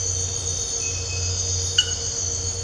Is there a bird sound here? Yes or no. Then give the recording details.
no. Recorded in dense forest near Puerto Asís, Putumayo, Colombia, on 8 March 2025 at 01:00. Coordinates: 0.468, -76.322. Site GP01